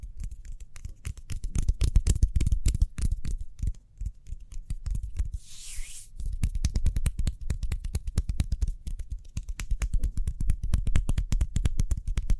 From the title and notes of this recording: ASMR Speedy Hand Sounds (No Talking).